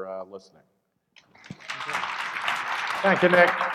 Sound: applause